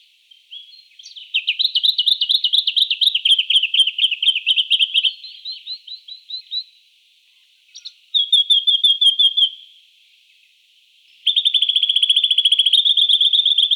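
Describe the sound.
Jacky winter pouring out long, very rapid strings of high, wavering chirps, with short pauses and a final fast, even trill.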